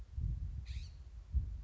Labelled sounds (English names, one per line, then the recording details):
California Scrub-Jay
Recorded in Sonoma County, California